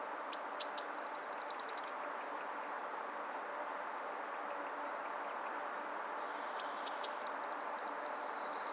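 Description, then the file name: Eurasian blue tit, two song phrases about six seconds apart, each a high whistle and falling notes leading into a fast trill. "Cyanistes caeruleus"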